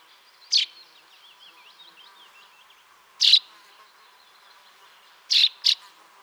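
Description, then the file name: Common chaffinch calling with brief sharp metallic notes, one single, one after a pause, then a quick pair near the end, over soft background warbling. "Fringilla coelebs"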